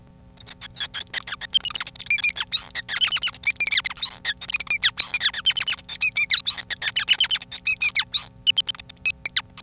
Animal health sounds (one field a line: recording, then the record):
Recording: song of a male Bengalese finch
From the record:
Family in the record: son of father 5